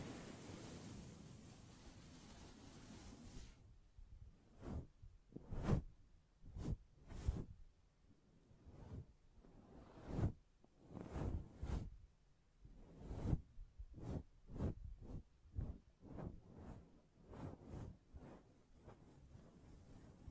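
Hand sounds rub and brush across a microphone, starting with a dense rough scratching, then sharp irregular taps and swishes every half second or so.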